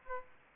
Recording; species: mosquito wingbeat signal from an infrared sensor; Aedes aegypti